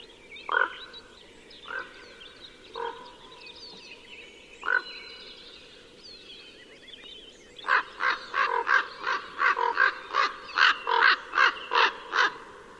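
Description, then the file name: Common raven calling with a few spaced hoarse caws, then a fast run of rough calls. "voron golos"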